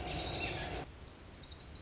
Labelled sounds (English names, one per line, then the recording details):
Orange-crowned Warbler
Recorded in Sonoma County, California